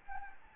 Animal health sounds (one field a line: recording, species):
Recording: mosquito wingbeat signal from an infrared sensor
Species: Anopheles gambiae